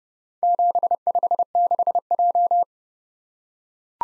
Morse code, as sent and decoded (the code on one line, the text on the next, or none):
--... ..... -.... .---
756J